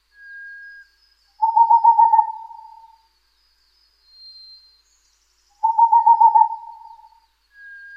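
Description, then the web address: Boreal Owl singing two fast, evenly pitched trills of hoots about four seconds apart, each fading as it ends, with a faint thin whistle in between. "kinmefukuro"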